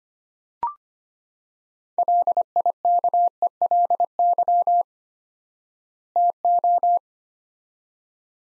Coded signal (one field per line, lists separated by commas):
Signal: Morse code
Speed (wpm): 25 wpm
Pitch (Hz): 700 Hz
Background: none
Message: LIKELY TO